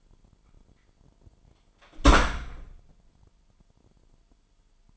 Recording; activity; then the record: daily activity, microphone in the room; close door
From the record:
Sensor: 5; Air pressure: 998.4 hPa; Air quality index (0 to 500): 82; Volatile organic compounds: 1 ppm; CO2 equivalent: 931 ppm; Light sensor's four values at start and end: 30/73/30/33 and 30/72/30/33